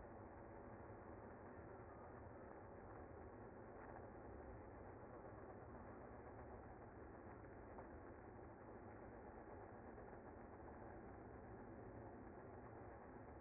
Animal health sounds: honeybee colony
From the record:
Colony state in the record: active

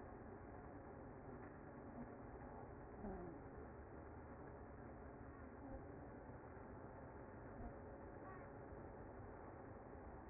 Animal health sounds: honeybee colony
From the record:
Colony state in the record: active

